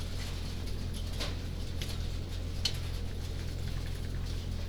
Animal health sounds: poultry house recording; no chicken sound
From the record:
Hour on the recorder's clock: 19

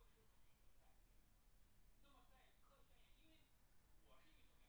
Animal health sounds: poultry house recording; no chicken sound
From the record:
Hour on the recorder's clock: 17

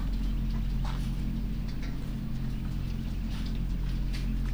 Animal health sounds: poultry house recording; sick chickens (respiratory disease)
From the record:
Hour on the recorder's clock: 1

